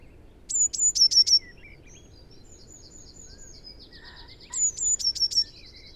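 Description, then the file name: Eurasian blue tit giving two song phrases, thin high notes leading to a quick run of repeated notes, with a rapid buzzy trill filling the gap between them. "Cyanistes caeruleus"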